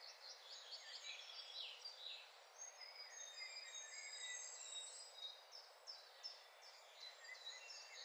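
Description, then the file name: Eurasian wren: high, rapid chirps and short trilled notes run almost without pause over faint background noise. "Troglodytes troglodytes"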